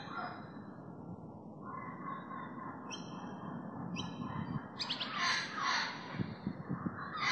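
Bird calls: a few short harsh notes early on, then a loud burst of rough, overlapping calls near the end, over a low rumbling background.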